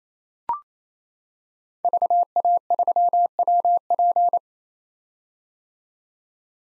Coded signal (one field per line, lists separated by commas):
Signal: Morse code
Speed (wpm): 28 wpm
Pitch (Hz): 700 Hz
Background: none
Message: VA3WP